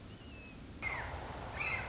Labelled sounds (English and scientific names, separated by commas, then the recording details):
Red-shouldered Hawk (Buteo lineatus)
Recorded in Sonoma County, California